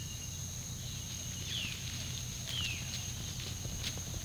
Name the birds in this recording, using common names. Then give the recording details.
Violaceous Jay. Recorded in pastures near Puerto Asís, Putumayo, Colombia, on 18 February 2024 at 06:30. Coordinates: 0.486, -76.323. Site G6462